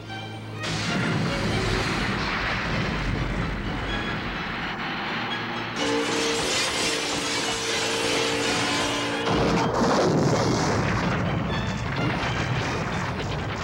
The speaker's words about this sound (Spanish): ¿Qué es esta explosión?